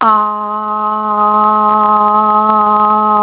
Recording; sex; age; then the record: sustained vowel /a/ by telephone; female; 40 to 49 years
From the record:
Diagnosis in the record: healthy control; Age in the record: 44 years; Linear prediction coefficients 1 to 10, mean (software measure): 1.80, -1.39, 0.02, 0.27, 0.22, -0.24, -0.10, 0.10, 0.11, -0.07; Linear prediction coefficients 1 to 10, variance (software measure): 0.056, 0.110, 0.040, 0.031, 0.029, 0.054, 0.017, 0.042, 0.026, 0.005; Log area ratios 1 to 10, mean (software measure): -1.65, 3.20, -1.28, 0.18, 0.57, 0.12, -0.44, -0.27, 0.07, 0.15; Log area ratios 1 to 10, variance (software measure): 0.005, 0.063, 0.210, 0.149, 0.040, 0.058, 0.075, 0.026, 0.070, 0.019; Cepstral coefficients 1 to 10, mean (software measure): 1.80, 0.27, -0.50, -0.59, -0.13, 0.22, 0.24, 0.09, -0.02, -0.08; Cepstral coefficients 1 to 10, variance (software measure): 0.056, 0.016, 0.003, 0.008, 0.004, 0.003, 0.002, 0.002, 0.001, 0.002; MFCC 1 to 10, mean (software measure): -3.84, 1.89, -1.72, -0.82, 1.59, 0.30, -0.44, -0.01, 0.15, -0.74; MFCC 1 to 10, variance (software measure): 0.520, 0.040, 0.011, 0.019, 0.027, 0.013, 0.017, 0.007, 0.019, 0.045